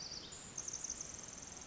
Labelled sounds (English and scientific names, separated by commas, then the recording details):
Pacific Wren (Troglodytes pacificus)
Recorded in Sonoma County, California